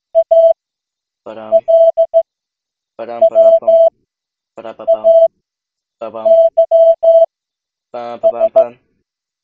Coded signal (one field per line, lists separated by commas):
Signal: Morse code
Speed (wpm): 16 wpm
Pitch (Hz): 660 Hz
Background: speech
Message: ALWAYS